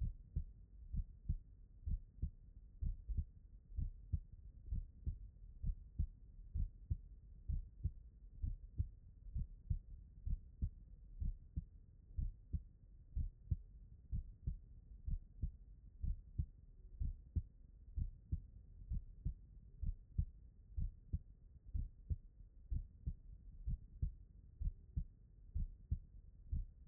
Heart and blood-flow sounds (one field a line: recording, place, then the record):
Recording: heart sounds by stethoscope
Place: tricuspid valve (TV)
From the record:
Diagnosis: non-HFrEF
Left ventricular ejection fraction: 63%